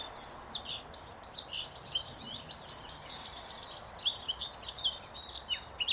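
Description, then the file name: Eurasian blackcap calls: a dense, continuous run of high, sharp chirping notes with quick up-and-down slurs, over a steady hiss of background noise. "Sylvia atricapilla"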